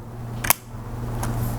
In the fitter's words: Heard that? That means it was clipped in.